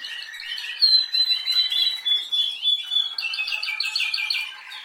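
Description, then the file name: Canary song with chirped notes, a long high whistled note, then fast bouncing repeated syllables, all lively and rapid. "Canary Voice"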